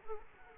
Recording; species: mosquito wingbeat signal from an infrared sensor; Culex quinquefasciatus